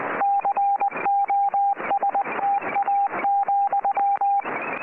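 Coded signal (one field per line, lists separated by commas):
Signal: Morse code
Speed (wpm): 20 wpm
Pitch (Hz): 800 Hz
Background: radio noise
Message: COSTA,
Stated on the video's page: Weather report in CW from a Uruguayan coast station on 8602 kHz, received on a Kenwood TS-50 with an inverted-V antenna for 40 m.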